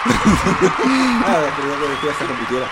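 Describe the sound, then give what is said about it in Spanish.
A canned applause sound effect played from a soundboard, steady crowd applause, loud and continuous for about three seconds, mixed with rhythmic bursts of chuckling laughter layered over the clapping. “Qué bien lo he hecho, que me aplaudes y todo.”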